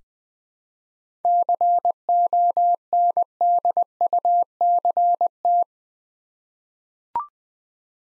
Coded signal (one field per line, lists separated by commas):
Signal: Morse code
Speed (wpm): 20 wpm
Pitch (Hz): 700 Hz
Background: none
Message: CONDUCT